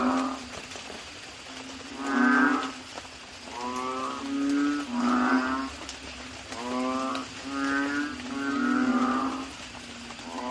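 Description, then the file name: Asian common toad croaks, deep and resonant, spaced irregularly, with a quiet gap early on before a run of closely spaced calls. "suara kodok bangkong"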